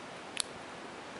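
The rear glass back panel of an iPhone, set down on the frame with a little of the frame left exposed, is slid along until it snaps home. Over a steady low hiss, a faint tick comes just before one sharp, bright click at 0.4 s. The click shows the panel has seated in place and is good.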